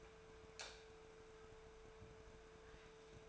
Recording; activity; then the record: daily activity, microphone in the room; light on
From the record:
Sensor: 2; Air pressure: 1014.6 hPa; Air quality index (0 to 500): 188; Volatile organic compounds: 15 ppm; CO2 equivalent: 2488 ppm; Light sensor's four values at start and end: 28/68/29/33 and 33/85/36/39